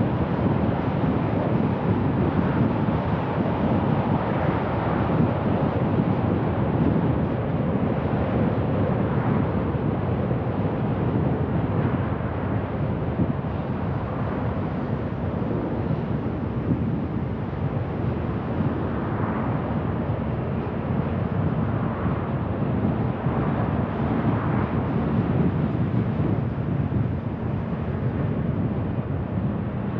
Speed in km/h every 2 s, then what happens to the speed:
52, 52, 50, 47, 42, 37, 35, 35, 37, 40, 41, 40, 37, 33, 30.
0-12 slows to 35. 12-21 speeds up to 41. 21-30 slows to 30.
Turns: 14-21.